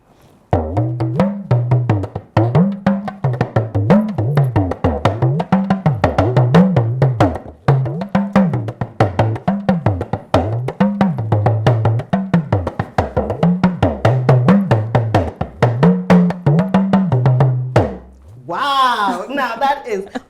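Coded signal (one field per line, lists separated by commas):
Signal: talking drum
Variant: Yoruba dùndún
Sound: fast wooden drum strokes whose low pitch bends up and down like speech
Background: brief voice at end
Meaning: We are the merry makers, we are here, I have come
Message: we are the merry makers we are here yes I have come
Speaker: like what I played where you introduced me a we are the merry makers we are here yes I have come that was what I played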